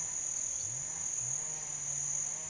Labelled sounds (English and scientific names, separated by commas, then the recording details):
none
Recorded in pastures near Puerto Asís, Putumayo, Colombia, on 22 June 2025 at 08:00
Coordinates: 0.486, -76.323
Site H29